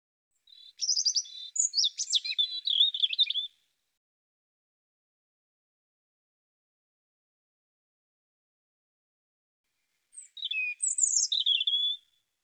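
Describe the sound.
European robin singing two long high phrases of sweet warbles, sharp notes and quick trills, separated by a long pause of silence.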